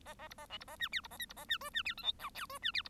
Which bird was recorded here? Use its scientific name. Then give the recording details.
Lonchura striata domestica. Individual Bird1